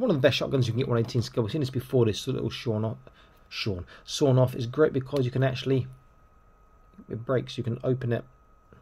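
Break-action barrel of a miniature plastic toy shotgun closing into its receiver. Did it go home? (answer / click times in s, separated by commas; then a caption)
no / none. A small plastic break-action shotgun from a 1:18 scale action figure is handled while someone talks about it, and the barrel is broken open to show how it works. The clip ends just before the barrel closes back into the receiver, so nothing has clicked shut yet.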